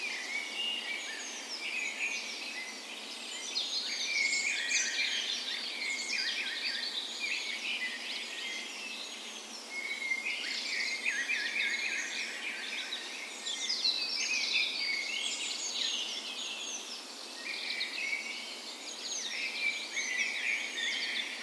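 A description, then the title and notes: A dawn chorus: many birds sing at once in a dense, unbroken tangle of bright chirps, trills and whistles that never pause. The overlapping calls swell and ease slightly every few seconds, with a faint steady hiss underneath and no low sounds. Recorded on the morning of Norways National Day the 17th of May in a park west in Bergen. Spring is in full effect, and the dawn chorus sounds wonderful! Recorder: Sony PCM A10 Mic: LOM micro Usi as "tree ears".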